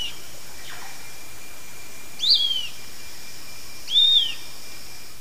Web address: Natures Songs S America Eastern Lowlands Tolmomyias assimilis, song